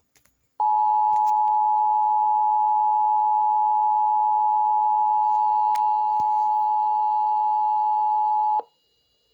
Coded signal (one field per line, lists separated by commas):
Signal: Emergency Alert System (SAME) tones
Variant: 853 and 960 Hz attention tone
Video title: EAS #357 - Flood Warning - NEW FORMAT (WTGR)